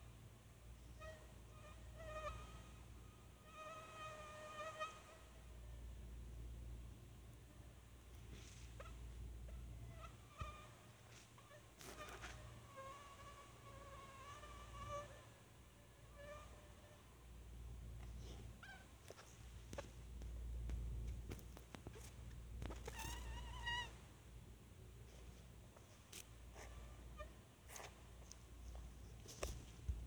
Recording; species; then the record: mosquito flight sound by mobile phone; Anopheles minimus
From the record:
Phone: Sony Xperia